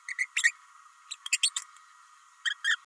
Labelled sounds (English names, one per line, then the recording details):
Green-rumped Parrotlet babbling
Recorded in a nest box in Venezuela
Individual 18B104A5